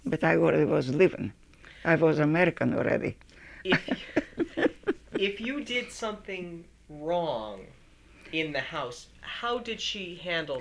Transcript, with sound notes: But I already was living. I was American already. [Laughs]
If you did something wrong in the house, how did she handle that?